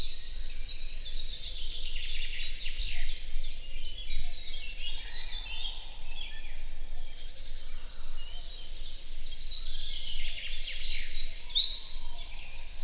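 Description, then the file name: Eurasian wren song, rapid high trills opening and closing the stretch, amid a dense chorus of other chirping and twittering birds. "Troglodytes troglodytes"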